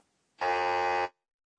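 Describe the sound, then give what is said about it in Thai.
A single loud, harsh buzzer blares for about seven tenths of a second, a flat, steady tone rich in buzzy harmonics that starts and stops abruptly: a quiz show's wrong-answer sound, called "boo-boo" in Japanese. “แล้วมีเสียงสำหรับคำตอบผิดหรือเปล่าคะ”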